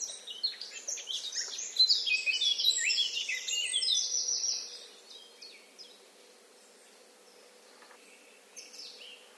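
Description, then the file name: Eurasian blackcap song: a loud, quick scratchy warble for about four seconds, then near silence with a few faint chirps. "Sylvia atricapilla"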